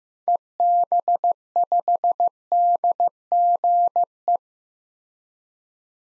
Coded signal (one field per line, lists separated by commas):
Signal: Morse code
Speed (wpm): 16 wpm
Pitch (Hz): 700 Hz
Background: none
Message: EB5DGE